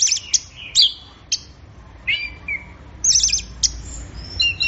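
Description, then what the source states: Orange-headed thrush song in scattered bursts of high, sharp whistled notes and short warbled phrases, with quiet gaps between, over faint low background hum. Gacor (bird in full song) recording, used for training songbirds; offline collection of thrush sounds.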